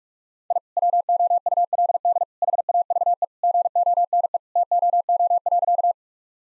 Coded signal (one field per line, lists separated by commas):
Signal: Morse code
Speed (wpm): 44 wpm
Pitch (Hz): 700 Hz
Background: none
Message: I WOULD HAVE GONE TOO.